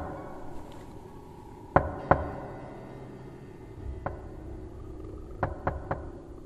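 Heavy knocks on a door at night, coming in sets of three: two sharp thuds, a pause, a single knock, then a quick run of three, each loud and abrupt over a low, steady background rumble.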